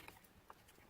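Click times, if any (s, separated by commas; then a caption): none. A new plastic multifunction turn signal lever for a 2004-2008 Ford F150 is pushed onto the steering column. Only a few faint knocks are heard, near 0.1 s, 0.5 s and 0.9 s. The switch does not click into place and nothing has seated or clicked yet, though the lever sits on there solid.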